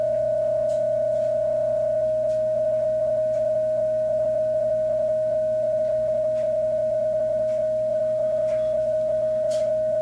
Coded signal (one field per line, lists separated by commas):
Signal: PSK31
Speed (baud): 31.25 baud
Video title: PSK-31 Portable